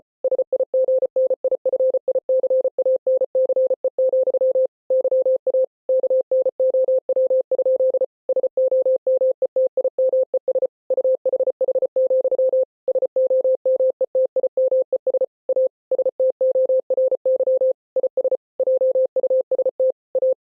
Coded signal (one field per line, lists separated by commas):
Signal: Morse code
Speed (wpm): 33 wpm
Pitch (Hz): 520 Hz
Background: none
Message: SIGNIFICANCE, YA KNOW? SOMETIMES UHH, SOMETIMES A STORY IS JUST A